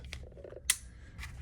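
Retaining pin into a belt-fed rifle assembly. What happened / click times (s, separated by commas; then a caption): The metal pin was driven home / 0.7 s. A steel retaining pin is worked into the assembly of a semi-auto JRW M60 belt-fed rifle with several small taps, followed by a loud metallic hit at 0.7 s. The pin is pushed home and seated, though getting it in was a little difficult.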